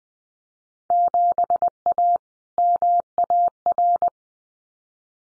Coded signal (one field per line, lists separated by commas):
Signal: Morse code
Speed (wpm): 20 wpm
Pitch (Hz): 700 Hz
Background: none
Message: 7A MAR